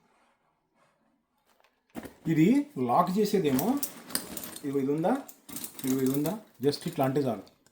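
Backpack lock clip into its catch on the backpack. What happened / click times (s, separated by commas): Handled, not yet latched: the clip has not snapped shut / none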